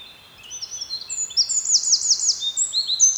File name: Troglodytes troglodytes